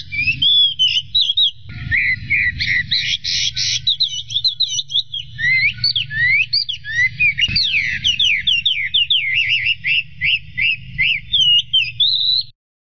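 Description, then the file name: Chinese hwamei song, loud and varied, mixing harsh squawky bursts with rapid repeated whistled notes, over a steady low hum in the background. "audio kicauan burung hwamei. omkicau"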